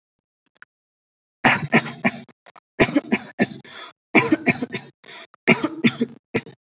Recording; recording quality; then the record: shallow voluntary cough; excellent, no background noise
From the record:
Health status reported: recovered from COVID-19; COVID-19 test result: positive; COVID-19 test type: RT-PCR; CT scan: not taken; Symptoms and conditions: none ticked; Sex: female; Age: 26 years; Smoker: no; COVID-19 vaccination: both doses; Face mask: not worn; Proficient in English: yes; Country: India